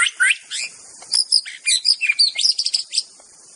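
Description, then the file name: White-rumped Shama song: a rapid run of varied whistled and chirping notes, some sliding up or down, delivered in quick bursts over a steady high hiss. In forest. "suara muraibatu hutan. omkicau"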